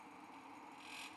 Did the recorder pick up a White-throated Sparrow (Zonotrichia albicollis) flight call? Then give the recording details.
no. No flight call is heard. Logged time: 11:26 on 5 December 2014